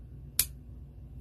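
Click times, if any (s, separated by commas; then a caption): 0.4 s. A plastic cap is pressed shut onto the plastic barrel of an alcohol-based marker. A single short, sharp click sounds at 0.4 s over a low, steady background hum. The click shows the cap is fully closed.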